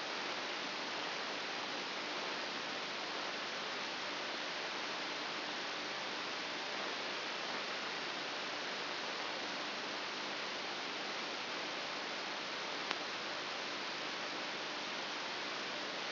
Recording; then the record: brain microelectrode recording played as sound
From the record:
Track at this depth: outside the subthalamic nucleus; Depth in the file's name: 7.001 mm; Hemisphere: right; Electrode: 2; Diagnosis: Parkinson's disease